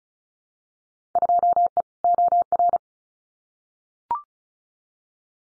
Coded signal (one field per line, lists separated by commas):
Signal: Morse code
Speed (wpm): 36 wpm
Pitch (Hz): 700 Hz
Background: none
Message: 2E OR